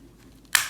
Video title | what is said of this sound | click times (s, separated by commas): The Best Inexpensive Beard Trimmer in 2022 | locks into place. | 0.6 s